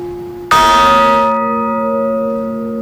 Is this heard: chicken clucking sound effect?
no